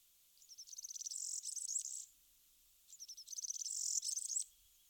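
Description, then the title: European serin song: two bursts of very high, jingling, buzzy trills, each lasting under two seconds, with a short pause between them. "Sylvain Jaskowiak - Mes piafs. Serin cini"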